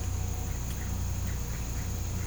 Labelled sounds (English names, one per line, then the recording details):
none
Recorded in pastures near Puerto Asís, Putumayo, Colombia, on 20 December 2024 at 07:30
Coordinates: 0.505, -76.324
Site G063